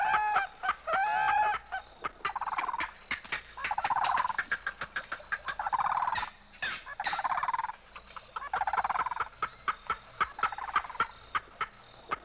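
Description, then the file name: Indian peafowl clucking: rapid dry clicks interleaved with repeated bursts of harsh, harmonic clucking notes, some thin whistled notes early on. "Peacock clucking"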